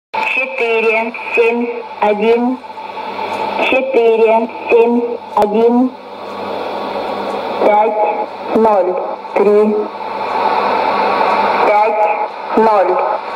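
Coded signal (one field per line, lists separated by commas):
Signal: numbers station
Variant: S06s, Russian female voice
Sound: a female voice reads short, evenly spaced words, likely numbers, through shortwave static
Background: radio static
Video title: 21 09 2016 Number station S06s Russian Lady to Eu 0834 on 9255 unknown tx site CUSB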